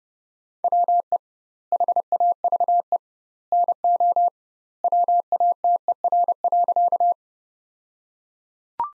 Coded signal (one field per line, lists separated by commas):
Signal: Morse code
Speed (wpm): 30 wpm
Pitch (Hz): 700 Hz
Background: none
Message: WE HAVE NO WATER.